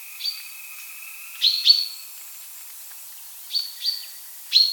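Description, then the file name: Common chaffinch giving short, high calls that dip and flatten, in pairs and singles, with a long thin whistle and quiet background. "buchfinke"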